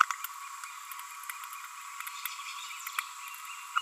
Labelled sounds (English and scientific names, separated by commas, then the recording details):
Green-rumped Parrotlet (Forpus passerinus) babbling
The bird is a female
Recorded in a nest box in Venezuela
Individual 17B42A4